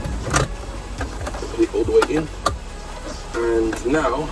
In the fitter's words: push them in like that you hit that click all the way